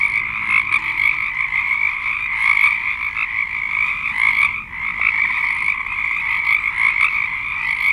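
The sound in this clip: Frogs calling in chorus, continuous trilling croaks with a short lull just past four seconds before the din resumes.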